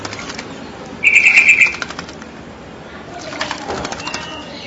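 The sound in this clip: Nias hill myna call: a single short burst of rapid, buzzy warbled notes lasting under a second, followed by quieter rustling and faint background sounds.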